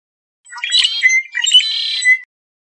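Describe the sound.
Red-winged blackbird giving two harsh, chattering bursts of clustered notes, each under a second long.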